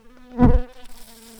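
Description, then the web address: Shrill carder bee giving a low, steady humming buzz with a brief louder burst early on, then the even drone continues. Worker bees. "bumblebees learning set sounds Sylvarum-workers"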